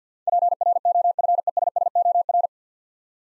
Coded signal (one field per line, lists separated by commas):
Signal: Morse code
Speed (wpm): 46 wpm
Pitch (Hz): 700 Hz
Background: none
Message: PROFESSOR